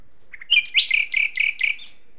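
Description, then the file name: Common nightingale song: a thin whistle, then a run of rich, repeated chirping notes with a rapid rhythm. "Luscinia megarhynchos"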